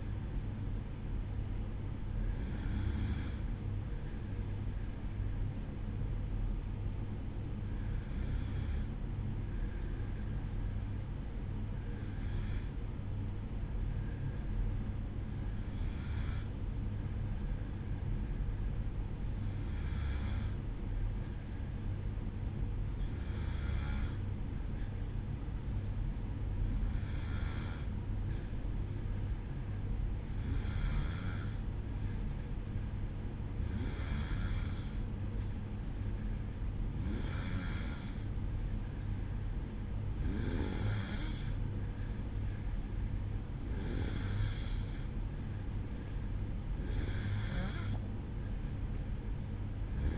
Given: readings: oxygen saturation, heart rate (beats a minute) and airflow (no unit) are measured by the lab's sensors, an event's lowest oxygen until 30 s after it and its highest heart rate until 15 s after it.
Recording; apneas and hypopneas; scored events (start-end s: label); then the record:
breathing in sleep by a smartphone at the bedside; 1
3.00-45.00 s: hypopnea (N1, oxygen 95% highest, then 92% lowest, heart rate 53 at the start, 59 highest)
From the record:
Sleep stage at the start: N1 (lightest sleep); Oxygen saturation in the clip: 92 to 95%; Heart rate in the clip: 53 to 59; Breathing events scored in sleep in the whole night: 305 in 9.6 hours asleep